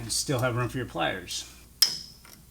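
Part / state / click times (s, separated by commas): snap ring onto axle stub shaft in locking hub / seated / 1.8 s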